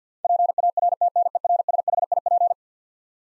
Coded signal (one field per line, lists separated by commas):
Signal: Morse code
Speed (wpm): 50 wpm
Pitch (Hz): 700 Hz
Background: none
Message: PARTNERSHIP